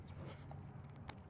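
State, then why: Released. A plastic locking strip over the ignition coil packs on the cylinder head of a 2004 Saab engine, with about 152,000 miles and suspected misfiring coils, is lifted to release it. Over a steady low hum, it clicks open in two stages: a soft click at 0.5 s and a sharper click at 1.1 s. The strip is then completely released.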